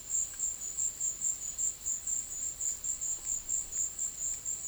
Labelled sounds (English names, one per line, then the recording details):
none
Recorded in pastures near Puerto Asís, Putumayo, Colombia, on 13 March 2025 at 15:00
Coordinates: 0.505, -76.324
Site GP08